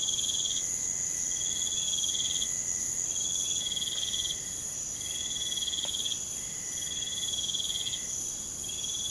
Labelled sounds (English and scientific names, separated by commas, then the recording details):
none
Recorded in pastures near Puerto Asís, Putumayo, Colombia, on 22 June 2025 at 02:00
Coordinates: 0.472, -76.331
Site G095